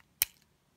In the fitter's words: retract the tip, that works very nice. Very satisfying click.